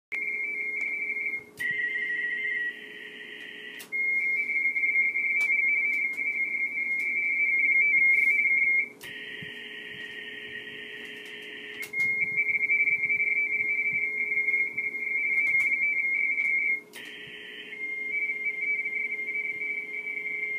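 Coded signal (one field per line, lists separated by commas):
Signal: RTTY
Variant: 45 baud RTTY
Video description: AK5Y Working the BARTG HF RTTY CONTEST 2013-10-80 METERS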